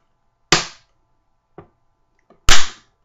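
A yellow plastic press on a toy marker maker is pushed down onto the marker body sitting in it, giving two sharp, loud clicks at 0.5 s and 2.5 s with a faint tap around 1.6 s between them. The marker body is seated in the marker maker after the two clicks.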